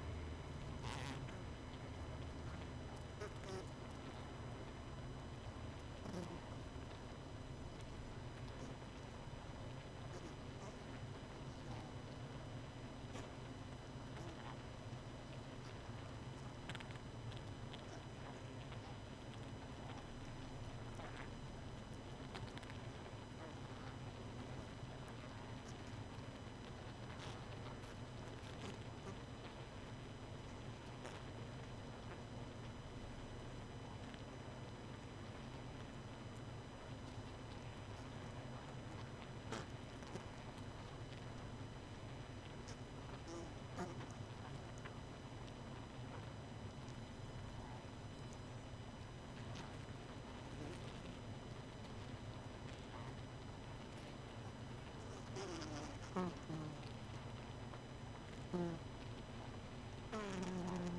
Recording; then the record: honeybee colony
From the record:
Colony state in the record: missing queen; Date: 31 May 2018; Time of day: 23:16